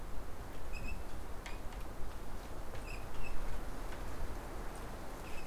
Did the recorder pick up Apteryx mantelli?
no